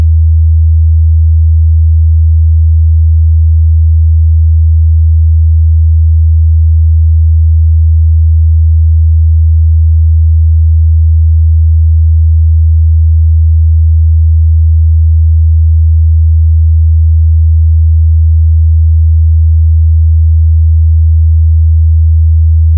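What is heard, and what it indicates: Steady, unchanging low-pitched hum, a synthesized tone simulating tinnitus, used as a reference sound for determining and matching one's own tinnitus.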